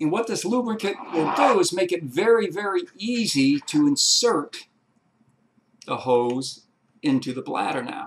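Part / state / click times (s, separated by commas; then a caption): drinking hose connector into hydration bladder port / not seated / none. A man talks while handling a plastic drinking-hose connector, lubricated with food-grade spray, for insertion into the port of a Geigerrig hydration bladder, with the lubricant meant to make the hose very easy to push in. His speech pauses briefly around 4.6 to 5.9 seconds, then resumes. The connector has not yet seated or clicked into the bladder by the end.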